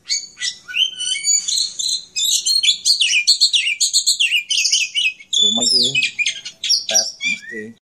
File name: kicauan kacer raja rimba omkicau